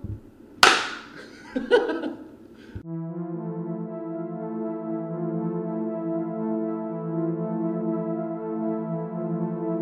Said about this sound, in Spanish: Bueno, ya. ¿Aplauso?